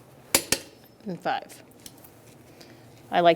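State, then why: Torque reached. A torque wrench tightens the fifth lug nut on a wheel of a 2007–2012 Nissan Altima to 83 ft-lb and clicks at the setting. Two sharp metallic clicks are heard at 0.4 s and 0.5 s, and then someone talks. The wrench is confirmed to have clicked at its torque setting.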